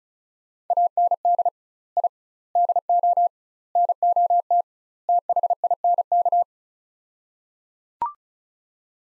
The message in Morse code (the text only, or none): AND I DO NOT THINK